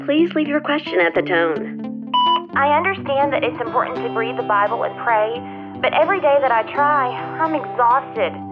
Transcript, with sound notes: Please leave your question at the tone. (beep)
I understand that it’s important to read the Bible and pray, but every day that I try, I’m exhausted.